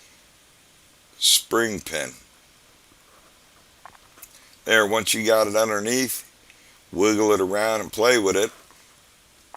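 A spring bar pin on a Casio wristwatch band is worked under the metal lug of the watch case with a sewing needle, wiggled around to line its tip up with the lug hole. Someone talks, and a few faint small clicks and taps come from the handling. Nothing has seated or clicked into the hole yet.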